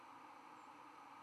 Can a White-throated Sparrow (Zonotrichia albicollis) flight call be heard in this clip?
yes